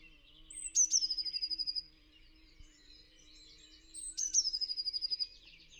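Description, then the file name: Eurasian blue tit delivers two phrases, each a piercing high note dropping into a quick, steady trill. "Cyanistes caeruleus"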